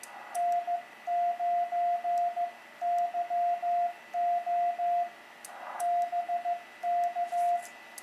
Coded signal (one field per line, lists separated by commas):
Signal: Morse code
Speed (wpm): 15 wpm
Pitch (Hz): 700 Hz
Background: radio noise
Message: N9YO BK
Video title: Portable QSO - Begali Traveler CW Paddle- Bioenno Battery 100W